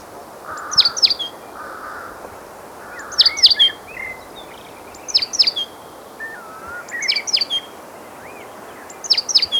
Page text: Rufous-Naped Tit Calls. Quick Sounds